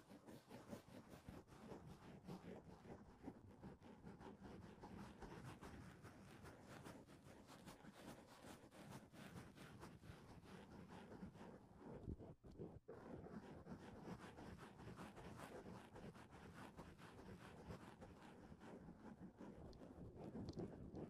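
A microphone being touched and handled produces a constant rumbling, scraping roar, heaviest in the low range, with dense rapid rubbing textures throughout. Level stays fairly even, with a brief sharp dip and pop around twelve to thirteen seconds.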